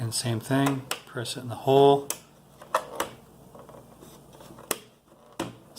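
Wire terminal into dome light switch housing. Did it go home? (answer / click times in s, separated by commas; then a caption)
yes / 4.7 s. A second wire terminal is pressed into its hole in a Ford Excursion/Expedition dome light switch housing and slid forward to connect, the same way as the first, while someone talks. A sharp click is heard at 4.7 s as the terminal seats in the housing.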